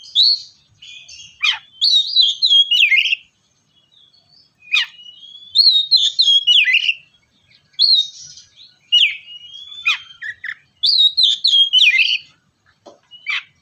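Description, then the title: Oriental magpie-robin song in repeated bursts of clear whistles and steep falling notes, with quiet gaps between phrases. "kacer"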